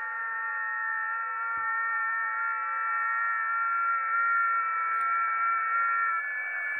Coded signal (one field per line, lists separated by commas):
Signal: FT8